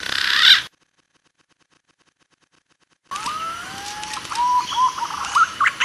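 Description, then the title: Green pigeon whistles: a brief high burst, a pause of silence, then long smooth rising whistles followed by short bubbling whistled notes. Lure call used for trapping green pigeons. "Pikat Burung Punai"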